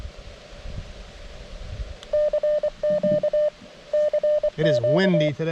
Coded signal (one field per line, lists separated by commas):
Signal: Morse code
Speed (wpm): 25 wpm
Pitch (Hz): 600 Hz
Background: speech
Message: CQ CQ